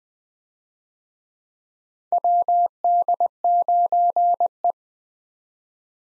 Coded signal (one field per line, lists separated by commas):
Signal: Morse code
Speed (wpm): 20 wpm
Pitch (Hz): 700 Hz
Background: none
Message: WD9E